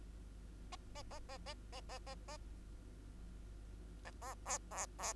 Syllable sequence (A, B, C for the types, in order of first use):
A A A A A A A A A B A C C C